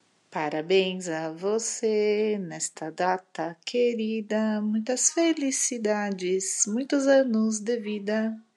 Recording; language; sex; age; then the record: short text; Brazilian Portuguese; female; 30 to 39 years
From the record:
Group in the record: control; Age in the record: 39 years